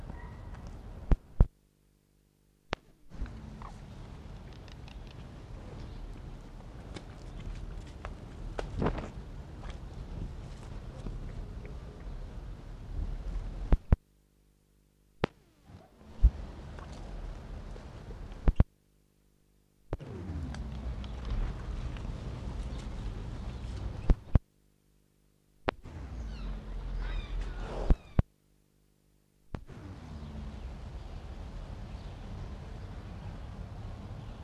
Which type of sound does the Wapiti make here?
rut call